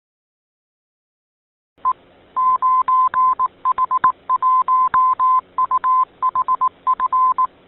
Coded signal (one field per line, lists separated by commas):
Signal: Morse code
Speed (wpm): 18 wpm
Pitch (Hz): 1030 Hz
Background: none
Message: E 9H1UHF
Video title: 31. 9H-HAM GlobalNet - Main topic: Open [09 June 2022]